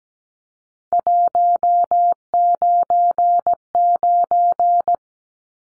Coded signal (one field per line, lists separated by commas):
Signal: Morse code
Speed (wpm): 17 wpm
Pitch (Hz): 700 Hz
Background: none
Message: 199